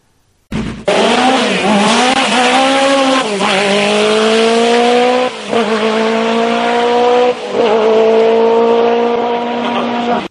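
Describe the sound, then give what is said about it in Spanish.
A loud Lancia Delta S4 rally car engine roars for about ten seconds, revving up through rising harmonic sweeps, with two brief dips where the throttle lifts before it climbs again. No one speaks over it. “Mira cómo suena el S4.”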